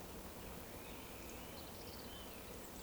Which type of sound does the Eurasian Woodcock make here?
whistle